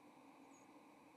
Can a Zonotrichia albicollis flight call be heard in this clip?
yes